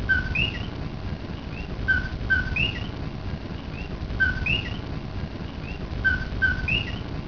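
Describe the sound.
Common coqui: repeated two-note calls, a short low note followed by a higher rising note, over a constant low rumbling background.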